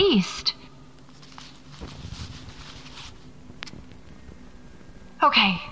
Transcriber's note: fabric rustling